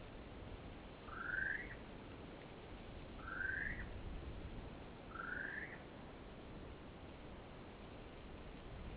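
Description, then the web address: Great spotted kiwi giving three rising whistled calls, each about half a second long and spaced roughly two seconds apart, over a steady low background hiss. Duet. "Great spotted kiwi GSK-duet 2-Sandy"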